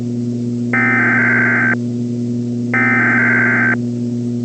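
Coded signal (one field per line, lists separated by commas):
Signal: Emergency Alert System (SAME) tones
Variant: header bursts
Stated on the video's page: Fictional EAS scenario, not a real alert.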